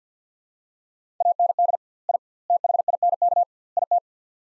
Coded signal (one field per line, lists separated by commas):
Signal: Morse code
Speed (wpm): 45 wpm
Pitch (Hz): 700 Hz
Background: none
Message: AND I THINK IT